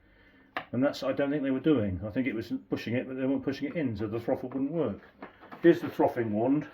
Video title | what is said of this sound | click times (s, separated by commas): Morphy Richards Espresso Coffee Maker / Cappuccino, Latte Maker 172023 review | They hadn't pushed it in far enough and it clicks in. Did you hear that click as it went in? | 0.6 s